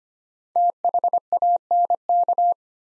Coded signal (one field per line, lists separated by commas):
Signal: Morse code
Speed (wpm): 25 wpm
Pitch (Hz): 700 Hz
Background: none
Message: THANK